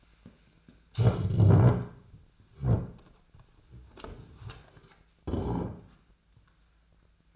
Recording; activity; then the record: daily activity, microphone in the room; stand up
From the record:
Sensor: 2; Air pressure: 1007.7 hPa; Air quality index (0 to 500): 178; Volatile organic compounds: 9 ppm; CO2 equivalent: 2183 ppm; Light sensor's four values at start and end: 10/23/10/10 and 10/23/10/10